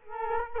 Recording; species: mosquito wingbeat signal from an infrared sensor; Culex quinquefasciatus